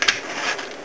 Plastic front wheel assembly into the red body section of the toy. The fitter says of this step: 这个前轮子呢，把它给跟红色地方呢扣进去，压紧 ，OK。